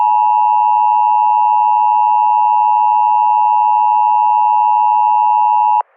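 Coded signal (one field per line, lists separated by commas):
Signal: Emergency Alert System (SAME) tones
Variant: 853 and 960 Hz attention tone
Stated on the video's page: Recreation of a Shelter in Place Warning, believed to be the NWS's first use of the SPW code.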